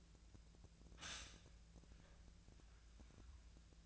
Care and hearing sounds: daily activity, microphone in the room; stop toaster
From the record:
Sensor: 2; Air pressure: 1009.2 hPa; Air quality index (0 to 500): 186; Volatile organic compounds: 11 ppm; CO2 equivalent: 2317 ppm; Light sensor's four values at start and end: 23/57/24/26 and 23/57/24/26

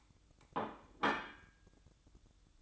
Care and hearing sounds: daily activity, microphone in the room; place plate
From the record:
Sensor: 3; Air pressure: 1007.5 hPa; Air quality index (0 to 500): 51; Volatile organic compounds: 1 ppm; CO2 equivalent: 581 ppm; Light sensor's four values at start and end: 8/20/8/8 and 8/20/8/8

